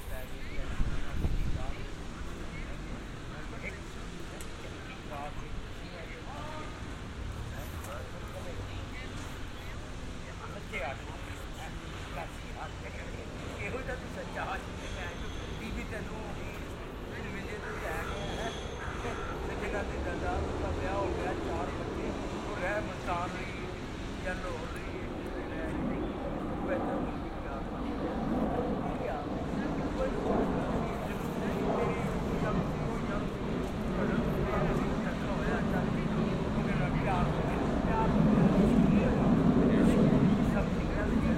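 A binaural field recording made in Amsterdam in June: a steady, dense mix of many overlapping voices over a low engine rumble, with occasional short clicks and knocks. From about 25 seconds the murmur and rumble swell and stay louder to the end.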